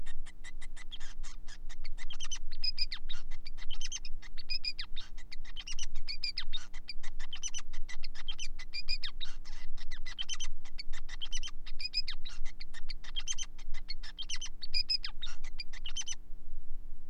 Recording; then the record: song of a male Bengalese finch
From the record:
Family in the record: son of father 5